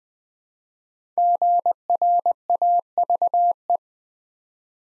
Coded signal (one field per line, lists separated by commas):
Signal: Morse code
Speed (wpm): 20 wpm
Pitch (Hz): 700 Hz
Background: none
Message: GRAVE